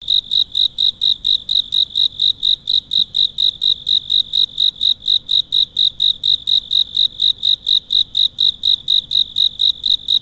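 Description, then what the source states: Cicada call: steady, shrill, high-pitched pulses repeating rapidly without a break. Calling at night.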